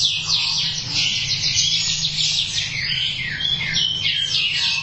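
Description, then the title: Thrush song, a continuous rush of high, varied warbling and twittering phrases, with a steady low hum underneath. "burung anis x"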